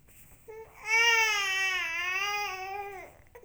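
A short whimper leads into one sustained, high-pitched wail lasting about two seconds, with a wavering pitch that dips and then falls away at the end. It is a single infant cry, a recorded sound file from a Fisher-Price toy.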